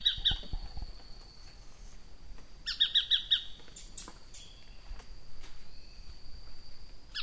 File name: Tacarcuna tapaculo